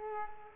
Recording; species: mosquito wingbeat signal from an infrared sensor; Culex quinquefasciatus